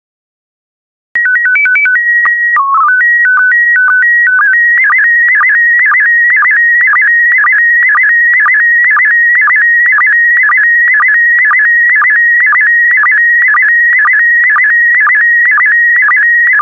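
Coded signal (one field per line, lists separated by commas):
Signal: SSTV (slow-scan television)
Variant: PD120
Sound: steady whistle tones and a chirpy header, then rapid warbling with regular ticks twice a second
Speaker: complete. You can now check your decoded image against the picture that is shown on the video.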